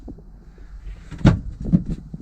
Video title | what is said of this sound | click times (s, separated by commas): VanLife Mechanic' crafter repairs. #fulltimevanlife #vanlife #nomad | then slides down and then just pops into place | 1.3 s